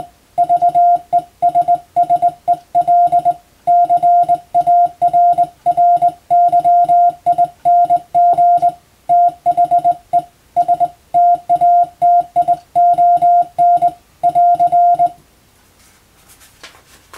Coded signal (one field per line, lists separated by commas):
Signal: Morse code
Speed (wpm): 21 wpm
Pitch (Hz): 700 Hz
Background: music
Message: VESSEL CARRYING THE STATION <AR>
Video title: 無線従事者国家試験総合無線通信士電気通信術のトレーニングにＣＷを打ってみました。アマチュア無線ハムの受信練習にもどうぞ(morse code practice for radio operator )